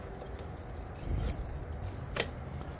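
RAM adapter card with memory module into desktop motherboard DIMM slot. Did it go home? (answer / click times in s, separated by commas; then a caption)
yes / 2.2 s. A second laptop RAM stick mounted on an adapter card is pressed into the next desktop DIMM slot on a motherboard. Low handling noise swells around 1.0–1.4 s, then a single sharp, bright click sounds at 2.2 s as the module seats in the slot.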